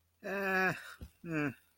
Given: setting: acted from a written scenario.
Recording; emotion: vocal sound without words; neutral